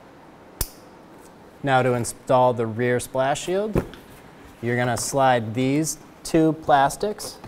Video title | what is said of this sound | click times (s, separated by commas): How to Replace Exhaust Manifold Catalytic Converter Assembly 2012-2016 Subaru Impreza | push it in until you hear a click | 0.6 s